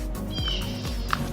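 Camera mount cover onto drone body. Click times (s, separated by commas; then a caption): 1.1 s. A plastic camera mount cover is pressed back onto a drone body after the battery cable is reconnected, with music playing throughout. A sharp click at 1.1 seconds marks the cover snapping into place, fully seated.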